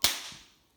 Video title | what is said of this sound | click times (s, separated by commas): Hyundai Tucson Santa Fe Key Fob Battery Replacement | and click in place and there you go all done | 0.0 s